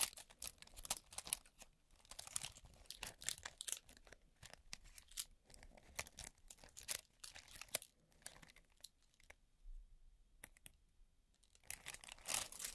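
Nail extension and gel work produces bursts of crisp crinkling, scraping and tapping, dense at first, pausing around ten seconds, then resuming.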